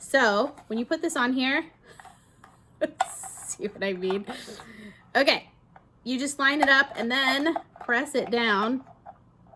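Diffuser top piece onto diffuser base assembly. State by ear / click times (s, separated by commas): seated / 9.1 s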